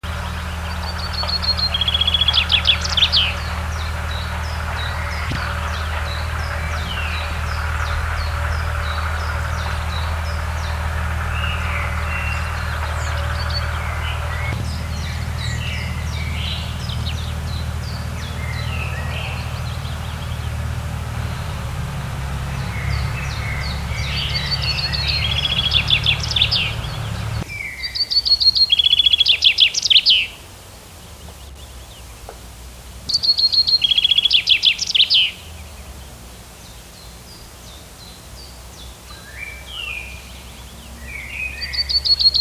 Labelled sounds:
Common Chaffinch song

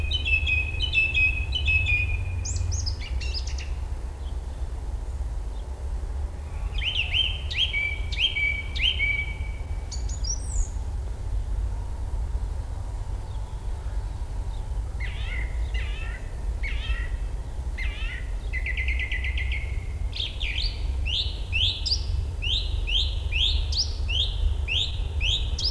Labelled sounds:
Song Thrush song

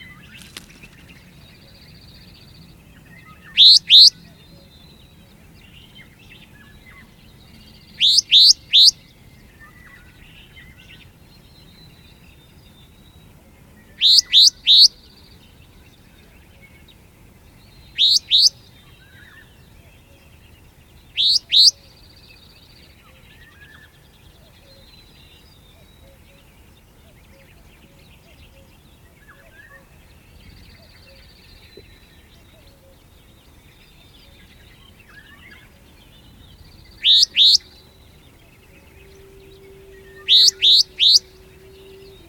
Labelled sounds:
Sombre Tit call

